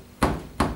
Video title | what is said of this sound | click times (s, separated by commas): Tumble dryer door wont shut start, latch or catch broken how to replace | won't click into place and that's because the latch is in the locked position so | none